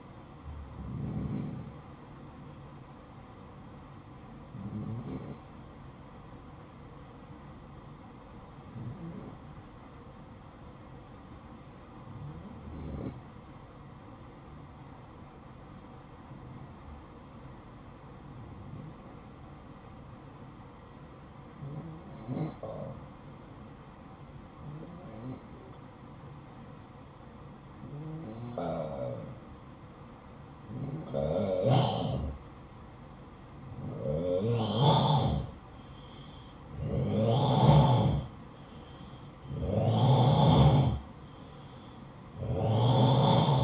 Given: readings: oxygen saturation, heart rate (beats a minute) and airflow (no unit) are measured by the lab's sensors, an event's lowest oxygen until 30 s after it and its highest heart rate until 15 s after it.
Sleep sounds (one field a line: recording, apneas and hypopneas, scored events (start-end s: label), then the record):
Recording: breathing in sleep by a smartphone at the bedside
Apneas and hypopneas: 1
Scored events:
10.00-37.60 s: hypopnea (N1, oxygen 95% highest, then 90% lowest, heart rate 56 at the start, 59 highest)
From the record:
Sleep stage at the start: N1 (lightest sleep)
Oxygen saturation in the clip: 90 to 95%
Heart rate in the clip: 52 to 59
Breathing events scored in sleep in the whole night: 573 in 9.8 hours asleep